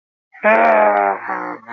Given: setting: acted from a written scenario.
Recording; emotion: vocal sound without words; anger